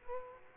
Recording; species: mosquito wingbeat signal from an infrared sensor; Aedes aegypti